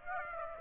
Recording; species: mosquito wingbeat signal from an infrared sensor; Aedes aegypti